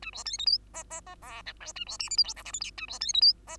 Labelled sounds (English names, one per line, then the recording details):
Bengalese Finch song
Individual Bird2